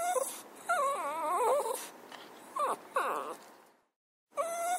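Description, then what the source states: Dog whimpering with quavering, tremulous cries, one long wobbling whine followed by shorter yelps, then a pause and another whine. A puppy crying.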